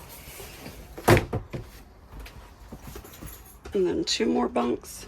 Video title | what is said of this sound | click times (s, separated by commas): WHERE Are We Going To Live? New Job but NO HOUSE! #homesteadjourney | So, that locks into place | 1.2 s